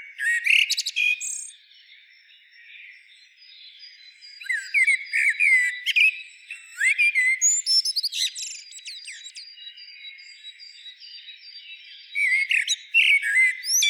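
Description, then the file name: Eurasian blackbird, repeated melodious whistled phrases, each closing in a thin high twitter, with softer warbling between the louder bursts. "Turdus merula"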